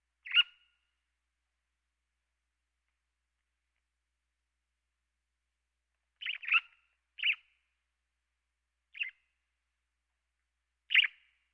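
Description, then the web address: Sparrow calls: one sharp chirp, a long silence, then a quick cluster of chirps followed by three more spaced notes, otherwise quiet. "eastern sparrow"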